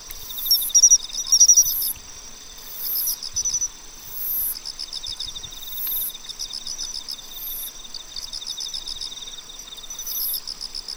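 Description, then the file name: Pine cricket song with short clear chirps, set against continuous pulsed insect trilling and periodic high-pitched buzzing bursts. "Matsumushi"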